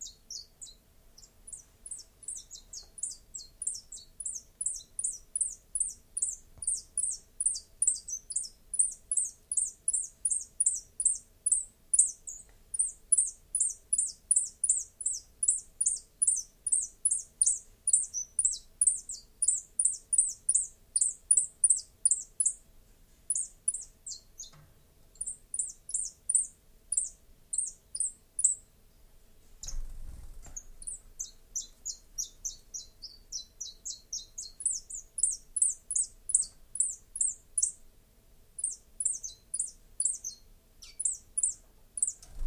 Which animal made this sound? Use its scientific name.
Phylloscopus collybita